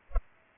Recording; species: mosquito wingbeat signal from an infrared sensor; Culex pipiens